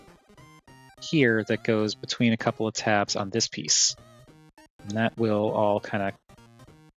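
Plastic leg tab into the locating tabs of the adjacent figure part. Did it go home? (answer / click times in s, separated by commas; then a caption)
no / none. During transformation of a Legendary Toys WW 01B Wasp figure, a tab on the plastic leg is being pressed between a pair of locating tabs on the adjacent part while someone talks over quiet background sound. The part is handled but not yet home, and nothing has seated or clicked yet.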